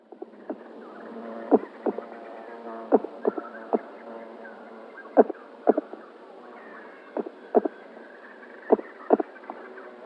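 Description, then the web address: Black vulture nestling hissing steadily, with repeated sharp snapping clicks scattered through the rasping sound. "Schulze Peter Black Vulture nestling"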